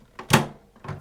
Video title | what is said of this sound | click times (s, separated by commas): How to Use Your HP DeskJet 2827e Printer - Step by Step User Guide | Take your thumb and push it until it clicks in place. | 0.3 s